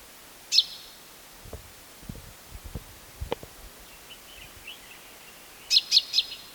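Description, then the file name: Common chaffinch giving a sharp high note, then a quieter gap with low knocking sounds, ending in a quick burst of three bright, clipped call notes. "Fringilla coelebs"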